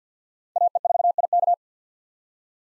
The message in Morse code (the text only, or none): AE4IK